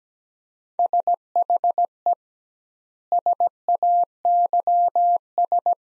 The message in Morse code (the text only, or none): SHE SAYS